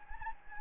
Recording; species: mosquito wingbeat signal from an infrared sensor; Anopheles gambiae